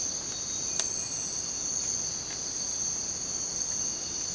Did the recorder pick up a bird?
no